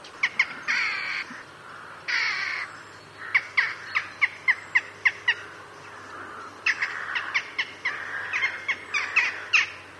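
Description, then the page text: Western jackdaw calling repeatedly, with clipped 'chak' notes in loose bursts mixed with harsh drawn-out squawks. Calls recorded in Burgundy, France. "Corvidés, étourneau, loriot – Chants d'oiseaux en Bourgogne"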